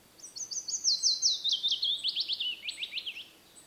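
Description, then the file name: Willow warbler sings a gentle descending cadence of repeated whistled notes, each a little lower than the last, lasting about three seconds. "piecuszek Phylloscopus trochilus"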